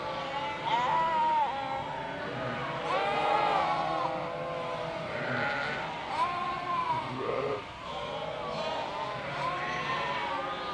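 Sheep bleating in chorus, frequent overlapping wavering bleats from several animals throughout.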